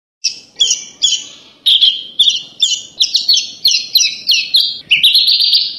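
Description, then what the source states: Horsfield's bush lark delivering a rapid series of high, ringing chirps, ending in a longer sustained note. Tutor recording for training birds.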